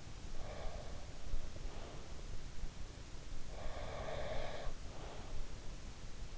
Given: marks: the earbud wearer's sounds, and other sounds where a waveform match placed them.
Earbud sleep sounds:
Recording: sounds in sleep by an in-ear microphone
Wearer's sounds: breath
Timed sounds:
0.32-2.32 s: breath
3.42-5.40 s: breath

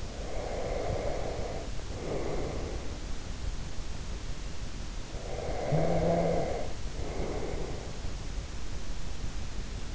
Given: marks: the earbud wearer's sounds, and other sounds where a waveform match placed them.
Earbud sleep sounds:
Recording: sounds in sleep by an in-ear microphone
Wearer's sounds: breath, snoring breath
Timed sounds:
0.00-3.16 s: breath
5.26-8.21 s: snoring breath

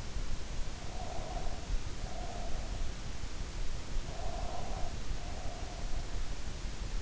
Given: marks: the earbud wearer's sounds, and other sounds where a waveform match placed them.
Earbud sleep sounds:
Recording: sounds in sleep by an in-ear microphone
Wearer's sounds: breath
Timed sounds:
0.61-2.92 s: breath
4.04-5.92 s: breath

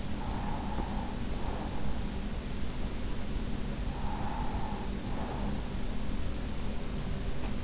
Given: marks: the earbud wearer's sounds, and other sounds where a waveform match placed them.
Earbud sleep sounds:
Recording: sounds in sleep by an in-ear microphone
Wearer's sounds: breath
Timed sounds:
0.00-2.17 s: breath
3.54-6.25 s: breath

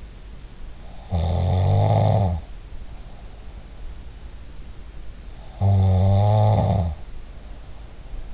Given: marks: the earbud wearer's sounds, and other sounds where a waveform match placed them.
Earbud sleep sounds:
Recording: sounds in sleep by an in-ear microphone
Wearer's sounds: snoring breath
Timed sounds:
0.86-3.62 s: snoring breath
5.32-8.34 s: snoring breath

